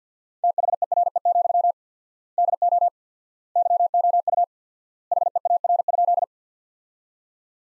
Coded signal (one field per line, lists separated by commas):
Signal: Morse code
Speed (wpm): 51 wpm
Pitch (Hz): 700 Hz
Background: none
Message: THERE, DO YOU HEAR?